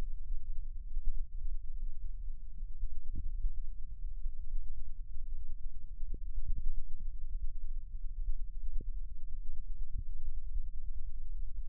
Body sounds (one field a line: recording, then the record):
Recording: forearm muscle sounds (acoustic myography)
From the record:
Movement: rest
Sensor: system 1, eight BSWA MPA416 microphones around the upper forearm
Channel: 8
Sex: male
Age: 21 years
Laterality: right